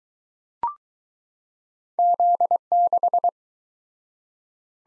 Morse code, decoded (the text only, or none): Z6